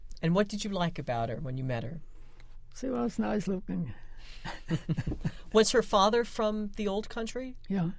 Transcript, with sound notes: And what did you like about her when you met her?
She was nice looking. [Laughs]
Was her father from the old country?
Yeah.